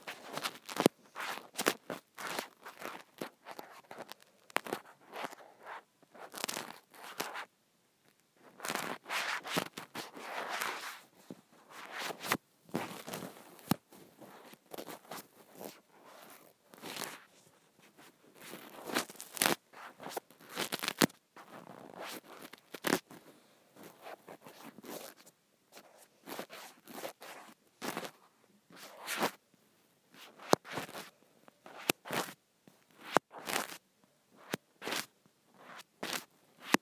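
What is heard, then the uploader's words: Scrunchie sounds: quick, dense bursts of crinkly, scratchy rustling that start and stop constantly, with short pauses between clusters. Each burst is sharp and bright with little low end, and the pace stays busy and irregular for the whole stretch. ASMR Satisfying Scrunchie Sounds.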